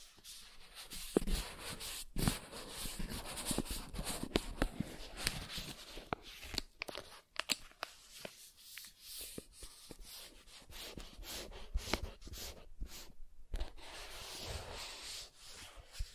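Soft tracing across smooth and rough surfaces, a dry rubbing hiss that swells and fades in strokes. Sharp ticks and scrapes break through irregularly, strongest around two seconds and near thirteen seconds, with quieter stretches of fine grainy texture between them.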